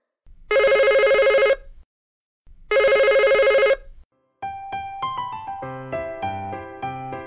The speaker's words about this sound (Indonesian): dengarkan suara dering telepon berikut ini. Siap?